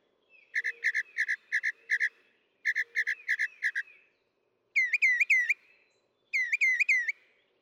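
Northern mockingbird song: quick bursts of rapidly repeated notes, followed by two runs of looping whistled notes, each phrase given several times.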